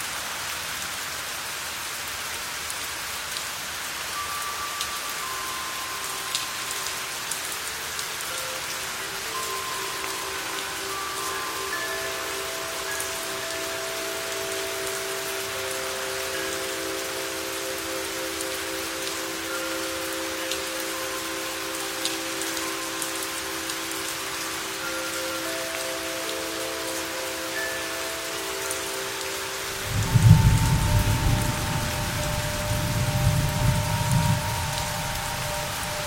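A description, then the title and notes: Soft wind chime tones ring and overlap above a steady patter of rain, with a low rumbling gust swelling in after thirty seconds. The wind chime that heals in rainy days.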